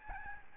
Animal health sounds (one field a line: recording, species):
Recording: mosquito wingbeat signal from an infrared sensor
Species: Aedes albopictus